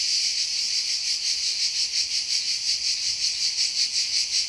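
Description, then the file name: Cicada song, an intense shrill buzz with a steady throbbing beat of roughly three pulses per second. "CHANT CIGALE"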